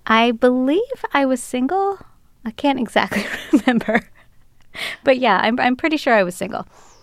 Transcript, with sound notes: I believe I was single. I can't exactly remember. (laughter) But, yeah, I'm pretty sure I was single.